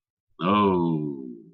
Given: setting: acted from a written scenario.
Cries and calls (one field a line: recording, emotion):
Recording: vocal sound without words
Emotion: embarrassment